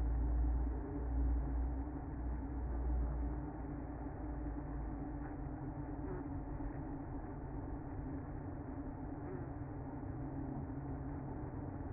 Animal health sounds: honeybee colony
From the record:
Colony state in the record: active

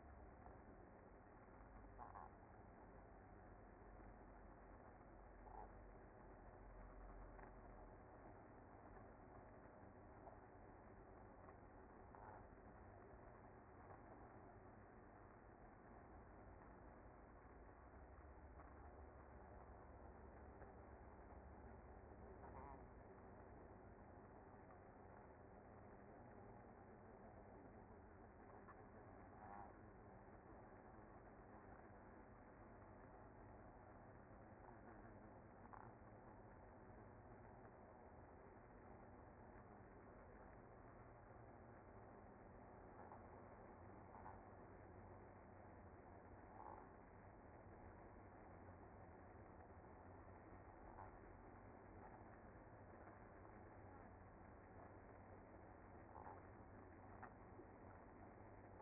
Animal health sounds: honeybee colony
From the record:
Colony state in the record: active

